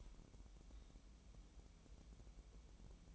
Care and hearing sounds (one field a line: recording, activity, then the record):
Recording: daily activity, microphone in the room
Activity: take from stove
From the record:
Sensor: 1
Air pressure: 988.3 hPa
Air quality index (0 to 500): 202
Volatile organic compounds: 1000 ppm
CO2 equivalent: 5413 ppm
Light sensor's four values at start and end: 26/97/37/39 and 26/97/37/38